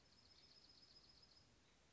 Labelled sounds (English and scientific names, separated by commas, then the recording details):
Dark-eyed Junco (Junco hyemalis)
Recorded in Sonoma County, California